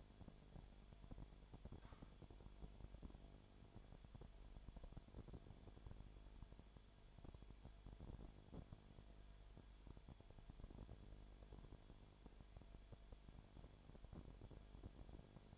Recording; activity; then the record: daily activity, microphone in the room; no activity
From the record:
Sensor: 5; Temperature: 19.9 degrees Celsius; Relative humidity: 37.1%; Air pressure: 1007.4 hPa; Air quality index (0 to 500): 84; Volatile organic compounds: 1 ppm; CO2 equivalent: 958 ppm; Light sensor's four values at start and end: 2/3/1/1 and 2/3/1/1